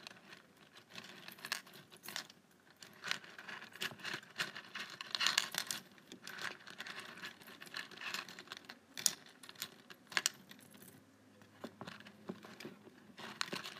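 Paperclips clink and rattle in rapid, irregular bursts of bright metallic taps, with a faint low hum underneath throughout.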